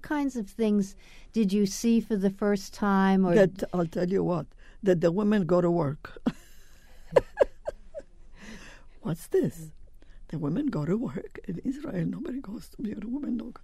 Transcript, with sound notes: What kinds of things did you see for the first time or —
That — I'll tell you what. That the women go to work. [Laughs] What's this? The women go to work. In Israel nobody goes. If you're a woman, don't go.